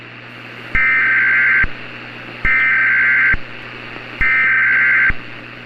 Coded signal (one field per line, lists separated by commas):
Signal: Emergency Alert System (SAME) tones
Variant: header bursts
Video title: Ashes To Ashes [EAS SCENARIO] [FT. @HiatusUntilDecember1st]